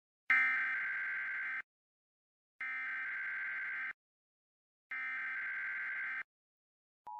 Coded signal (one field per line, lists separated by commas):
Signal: Emergency Alert System (SAME) tones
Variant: header bursts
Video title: EAS Scenario: The Rabid Dogs of Detroit!